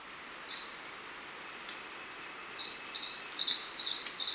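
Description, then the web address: Choco Warbler giving a lively run of sharp, high chirps and slurred notes that quicken into a tumbling, jumbled phrase. Ecuador. "Birds of Ecuador. Choco Warbler"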